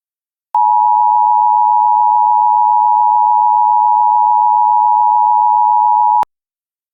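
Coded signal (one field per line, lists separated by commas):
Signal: Emergency Alert System (SAME) tones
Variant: 853 and 960 Hz attention tone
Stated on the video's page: Mock EAS alert tones made for a fictional contagious disease scenario, not a real alert.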